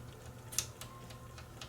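A technician turns the tape-threading mechanism of a Sony EDV7300 ED Beta VCR by hand until it goes all the way through and locks into place. A sharp click at 0.6 s marks it seating, followed by fainter ticks around 0.8, 1.4 and 1.6 s over a low steady hum. The mechanism is confirmed seated.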